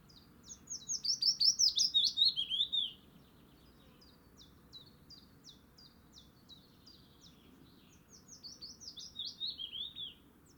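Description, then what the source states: Willow warbler song: a sweet, slurred phrase of quick notes that drops steadily in pitch, then soft scattered ticking notes and a second, quieter descending phrase near the end. Adult bird, singing.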